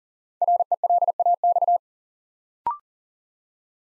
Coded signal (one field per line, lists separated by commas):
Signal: Morse code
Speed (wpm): 39 wpm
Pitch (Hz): 700 Hz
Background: none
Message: RELAX